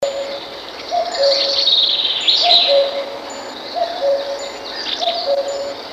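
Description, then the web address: Common cuckoo giving repeated falling two-note cuckoo calls, with busy high twittering behind it. "Kuckuck"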